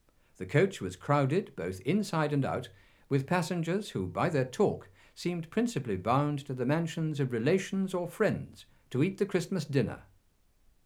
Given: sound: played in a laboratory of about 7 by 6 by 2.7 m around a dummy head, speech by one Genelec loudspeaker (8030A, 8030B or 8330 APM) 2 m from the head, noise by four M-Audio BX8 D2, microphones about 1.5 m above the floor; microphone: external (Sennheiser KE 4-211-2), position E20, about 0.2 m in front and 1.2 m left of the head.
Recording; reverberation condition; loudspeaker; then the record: male speech in English; low; 90 degrees to the left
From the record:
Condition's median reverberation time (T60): about 310 ms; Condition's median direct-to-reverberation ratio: about 3.5 dB